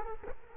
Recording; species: mosquito wingbeat signal from an infrared sensor; Culex quinquefasciatus